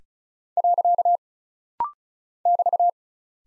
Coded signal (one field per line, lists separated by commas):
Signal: Morse code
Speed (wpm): 36 wpm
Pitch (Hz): 700 Hz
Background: none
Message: . <BT>